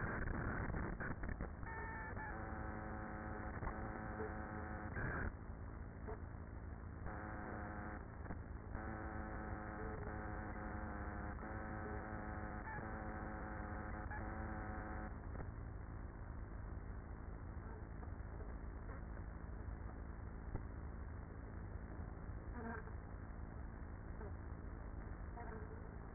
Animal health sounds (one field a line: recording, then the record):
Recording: honeybee colony, microphone inside the hive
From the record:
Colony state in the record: queenless with a low population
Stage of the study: after two queens were removed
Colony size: about 30,000 bees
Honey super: no